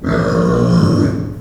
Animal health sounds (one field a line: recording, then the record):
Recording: squeal of a Yucatan mini pig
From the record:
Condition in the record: after surgery on the right vocal fold (resection and tissue-engineered implant)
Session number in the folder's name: 7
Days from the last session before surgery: 47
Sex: female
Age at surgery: 19 weeks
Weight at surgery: 25 kg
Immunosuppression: prednisolone